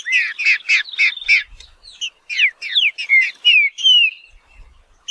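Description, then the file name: Green-winged saltator song: clear whistled phrases of sliding, slurred notes, several fast repeated notes followed by longer downward-curving whistles, with a short pause near the end. "canto do trinca ferro"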